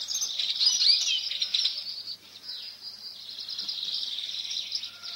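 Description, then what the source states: Icterine warbler singing a dense, continuous high warble of mixed chattering and squeaky notes, softening midway before resuming. Whole song consists of borrowed fragments; its own characteristic sound is a nasal 'pey'.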